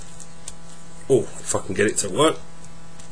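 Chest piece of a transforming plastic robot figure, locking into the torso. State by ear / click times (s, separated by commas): not seated / none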